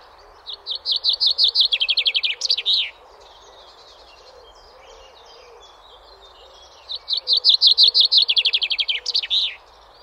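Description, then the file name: Common chaffinch song given twice, each a fast run of repeated high notes dropping in pitch and closing with an emphatic terminal flourish, separated by several seconds of quiet. "chaffinch"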